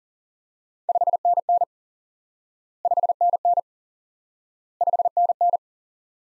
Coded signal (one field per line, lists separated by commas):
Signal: Morse code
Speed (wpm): 40 wpm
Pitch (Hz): 700 Hz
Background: none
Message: 5NN 5NN 5NN